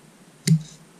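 The file and pliers arm of a metal OUTU multi-tool is folded back into its handle. A single sharp click at 0.5 s marks the arm snapping into place, fully seated.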